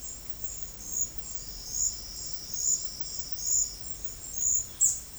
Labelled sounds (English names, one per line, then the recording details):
Olive-faced Flatbill
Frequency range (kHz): Olive-faced Flatbill 4.0-8.1 kHz
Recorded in dense forest near Puerto Asís, Putumayo, Colombia, on 21 February 2024 at 09:00
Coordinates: 0.487, -76.319
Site G6403